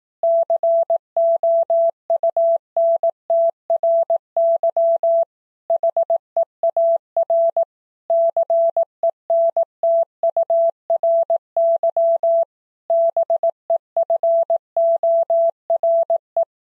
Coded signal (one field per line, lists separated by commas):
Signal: Morse code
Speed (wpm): 18 wpm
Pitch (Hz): 670 Hz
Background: none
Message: COUNTRY HEAR CENTURY BEFORE